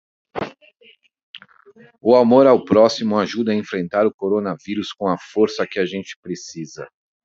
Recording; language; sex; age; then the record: spoken sentence; Brazilian Portuguese; male; 40 to 49 years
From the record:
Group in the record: control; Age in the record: 49 years